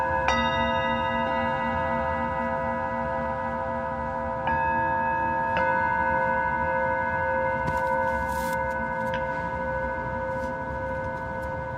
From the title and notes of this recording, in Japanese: メキシコから シンギングボウルのサウンドヒーリング。チベタンシンギングボウル。